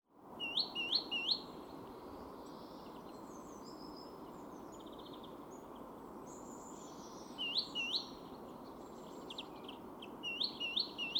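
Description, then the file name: Great tit calls in three short bursts of quick rising notes, with faint thin calls of other birds between them and a steady low background rumble. "Parus major"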